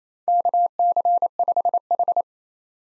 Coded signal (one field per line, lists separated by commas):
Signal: Morse code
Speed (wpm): 28 wpm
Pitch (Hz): 700 Hz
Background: none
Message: KC5H